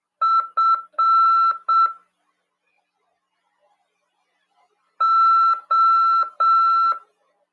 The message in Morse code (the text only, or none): FO